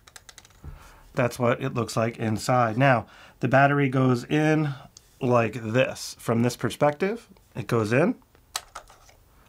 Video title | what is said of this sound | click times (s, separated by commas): Canon R50 - Quick Start Guide for Beginners - Get Up and Running Fast! | so and clicks into place. | 8.6 s